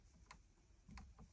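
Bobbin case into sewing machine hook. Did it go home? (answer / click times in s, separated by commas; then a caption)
no / none. A loaded bobbin case is pushed onto the hook pin of a Bernina 640-2 sewing machine, giving two brief, faint taps near 0.3 s and 1.0 s over a low background. The case is in the wrong orientation, so nothing has seated or clicked yet.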